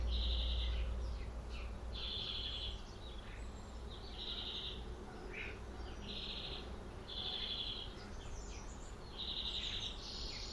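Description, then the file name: European greenfinch giving drawn-out buzzy wheezes about every two seconds, over constant low background noise. "Chloris chloris"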